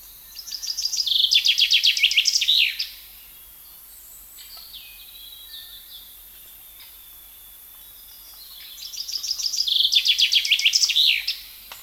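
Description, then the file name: Common chaffinch song, two full phrases separated by a long pause, each a quick run of notes closing with a flourish; softer bird calls fill the gap. "Fringilla coelebs"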